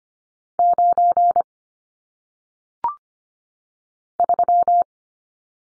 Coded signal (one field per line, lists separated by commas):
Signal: Morse code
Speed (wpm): 25 wpm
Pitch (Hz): 700 Hz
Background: none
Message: 9 3